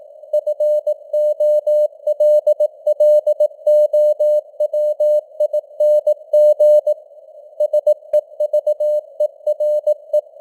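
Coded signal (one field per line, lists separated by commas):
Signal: Morse code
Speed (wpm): 18 wpm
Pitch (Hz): 600 Hz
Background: none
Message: FOLLOWING SEVERE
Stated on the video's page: News headlines sent in Morse at 18 wpm with simulated radio noise and varying signal strength (QSB).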